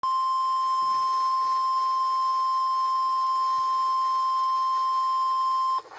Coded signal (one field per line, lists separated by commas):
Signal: Emergency Alert System (SAME) tones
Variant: 1050 Hz attention tone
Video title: EAS #1,840 Online NOAA Weather Radio Tornado Warning #2 (From DVN) EASter 2025